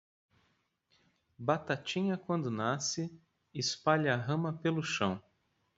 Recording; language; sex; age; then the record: short text; Brazilian Portuguese; male; 30 to 39 years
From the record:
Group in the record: control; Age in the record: 38 years